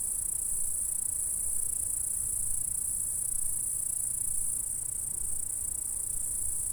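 Insect stridulation, a steady, very high-pitched shimmering buzz that runs unbroken throughout.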